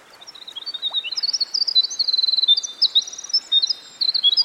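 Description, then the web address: Winter wren song: a sustained, high-pitched jumble of rapid trills and sharp notes, briefly pausing near the end before resuming, with gentle background hiss. Recorded by a stream. "Dan Gibson Songbirds By The Stream Winter Wren"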